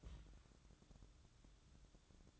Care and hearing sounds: daily activity, microphone in the room; place on stove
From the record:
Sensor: 3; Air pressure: 1008.0 hPa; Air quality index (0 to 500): 122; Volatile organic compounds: 2 ppm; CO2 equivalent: 1012 ppm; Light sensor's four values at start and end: 8/20/8/7 and 8/20/8/8

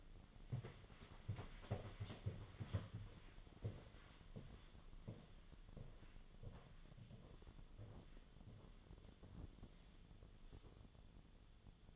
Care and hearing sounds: daily activity, microphone in the room; walk to room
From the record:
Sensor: 4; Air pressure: 1011.0 hPa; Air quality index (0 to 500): 160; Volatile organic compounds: 4 ppm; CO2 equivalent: 1635 ppm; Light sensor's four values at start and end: 43/123/50/51 and 45/126/51/53

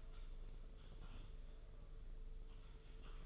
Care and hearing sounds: daily activity, microphone in the room; typing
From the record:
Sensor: 4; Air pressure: 995.3 hPa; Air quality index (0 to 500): 198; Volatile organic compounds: 141 ppm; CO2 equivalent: 3981 ppm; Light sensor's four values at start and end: 10/24/9/10 and 10/24/9/10

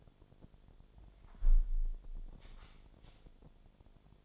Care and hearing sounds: daily activity, microphone in the room; close window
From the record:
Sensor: 5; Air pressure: 1006.6 hPa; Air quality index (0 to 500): 190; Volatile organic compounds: 5 ppm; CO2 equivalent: 1807 ppm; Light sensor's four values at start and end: 57/161/63/63 and 57/161/63/64

